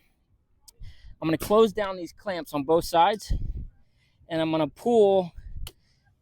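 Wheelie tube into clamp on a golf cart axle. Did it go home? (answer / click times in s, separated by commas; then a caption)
yes / 5.7 s. Someone talks while the clamps on both sides of a golf cart axle are closed down and the wheelie tube of an Alphard Club Booster V2 and electric caddy setup is pulled through into its clamp. A sharp snap at 5.7 s marks the wheelie tube locking into the clamp, and it is seated and locked in place.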